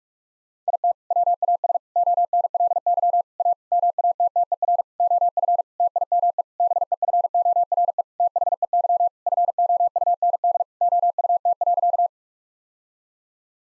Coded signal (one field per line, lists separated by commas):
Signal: Morse code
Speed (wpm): 46 wpm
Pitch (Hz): 700 Hz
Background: none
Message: IT WAS ONLY A MATTER OF TIME BEFORE THEY FOUND OUT.